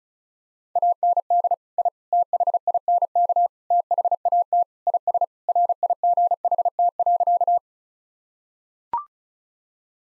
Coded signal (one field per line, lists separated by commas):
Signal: Morse code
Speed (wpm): 34 wpm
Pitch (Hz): 700 Hz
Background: none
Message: AND I THINK THAT IS RIGHT.